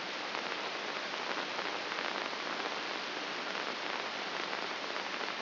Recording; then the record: brain microelectrode recording played as sound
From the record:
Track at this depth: outside the subthalamic nucleus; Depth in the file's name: 7.228 mm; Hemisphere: left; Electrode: 2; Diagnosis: Parkinson's disease